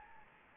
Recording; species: mosquito wingbeat signal from an infrared sensor; Anopheles gambiae